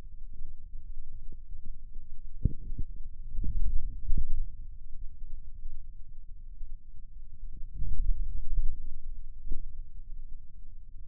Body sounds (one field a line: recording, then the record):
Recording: forearm muscle sounds (acoustic myography)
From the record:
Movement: wrist extension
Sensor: system 2, bracelet of six BSWA MPA416 microphones around the upper forearm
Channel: 1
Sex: male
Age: 22 years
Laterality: right